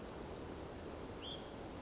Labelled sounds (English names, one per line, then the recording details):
Hutton's Vireo
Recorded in Sonoma County, California